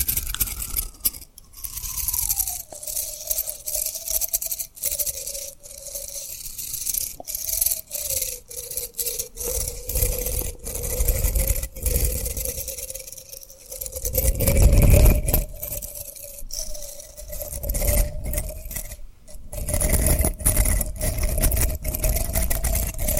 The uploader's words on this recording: ASMR Tapping & Rubbing Rhinestone Lip Triggers for Sleep (No Talking).